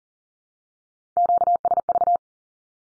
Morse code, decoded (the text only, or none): QSV